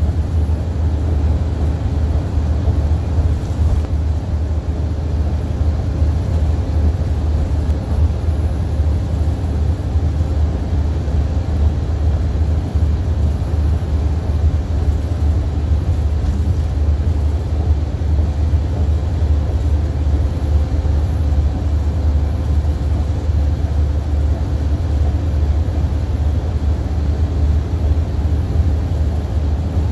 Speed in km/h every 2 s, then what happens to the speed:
77, 76, 76, 76, 76, 76, 76, 76, 74, 74, 72, 72, 71, 76, 76.
0-30 steady at about 76.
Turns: none.